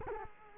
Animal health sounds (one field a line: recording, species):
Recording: mosquito wingbeat signal from an infrared sensor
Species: Culex quinquefasciatus